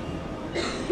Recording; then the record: coughing mixed with background sound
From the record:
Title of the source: female coughing - coughing sound effects girl